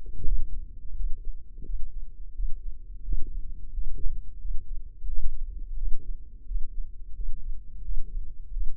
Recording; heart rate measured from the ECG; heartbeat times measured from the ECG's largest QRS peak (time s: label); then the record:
heart sounds by microphone in the left ear; 87 bpm
0.22 s: heartbeat
0.94 s: heartbeat
1.64 s: heartbeat
2.33 s: heartbeat
3.02 s: heartbeat
3.72 s: heartbeat
4.39 s: heartbeat
5.07 s: heartbeat
5.76 s: heartbeat
6.45 s: heartbeat
7.13 s: heartbeat
7.82 s: heartbeat
8.51 s: heartbeat
From the record:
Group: healthy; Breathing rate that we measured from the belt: 21 breaths a minute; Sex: male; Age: 57 years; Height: 188 cm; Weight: 106 kg